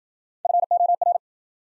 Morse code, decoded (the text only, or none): FOR